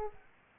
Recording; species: mosquito wingbeat signal from an infrared sensor; Aedes aegypti